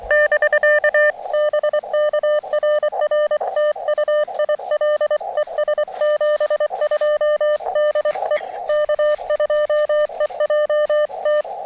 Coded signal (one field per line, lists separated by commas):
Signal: Morse code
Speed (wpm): 25 wpm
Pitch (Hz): 600 Hz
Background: none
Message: <BK> BK RR TU IL ES 72 DE K2EJT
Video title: Finally....a little POTA now that the weather is cooperating!